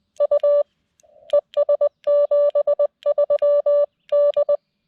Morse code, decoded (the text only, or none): U ES 73 D